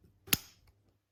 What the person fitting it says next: you can hear the click.